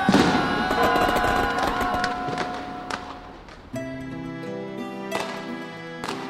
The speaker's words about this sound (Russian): А что это стучит? Не бойся, это новогодний салют.